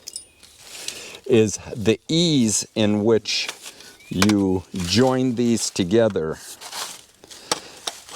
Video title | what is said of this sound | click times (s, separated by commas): Pole Saws - Echo, Fiskars, and Hooyman! - #370 | they just snap right in | 7.5 s